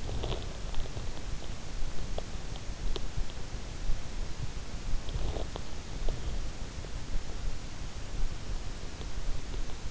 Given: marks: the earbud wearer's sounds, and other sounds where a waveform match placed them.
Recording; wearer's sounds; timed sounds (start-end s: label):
sounds in sleep by an in-ear microphone; teeth grinding
0.00-0.53 s: teeth grinding
5.17-6.38 s: teeth grinding